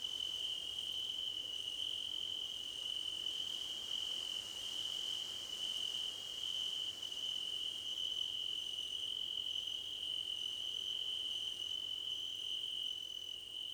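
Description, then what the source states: Crickets fill the air with an unbroken high-pitched trill, while softer intermittent chirps sound above the main drone. Crickets in a choir competition.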